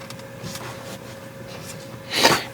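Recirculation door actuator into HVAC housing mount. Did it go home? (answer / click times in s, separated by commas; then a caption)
no / none. A replacement recirculation door actuator for a 2011 Ford Fiesta is handled behind the glove box as it is pressed toward its mount on the HVAC housing. Quiet rustling and small handling noises sit over a steady faint hum, with a brief tick near 0.1 s and a louder broadband scrape around 2.2–2.4 s. Nothing has seated or clicked yet.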